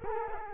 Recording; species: mosquito wingbeat signal from an infrared sensor; Culex quinquefasciatus